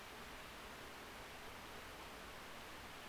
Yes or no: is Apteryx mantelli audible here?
no